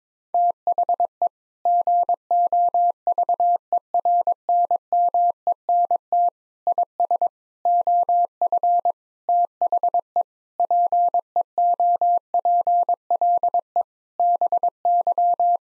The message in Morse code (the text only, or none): THE GOVERNMENT IS OF THE PEOPLE BY